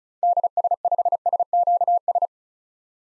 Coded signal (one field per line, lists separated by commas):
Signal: Morse code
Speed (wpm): 36 wpm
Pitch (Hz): 700 Hz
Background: none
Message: DS5SQS